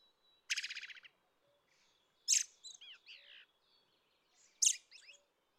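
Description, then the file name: Red-throated Thrush song: a rapid buzzy trill, then two phrases, each a loud sharp note followed by slurred whistles. Recorded 25 May 2013 at Ider gol, Mongolia. "rtthrush bhgoo-FL-FC mng ider-gol"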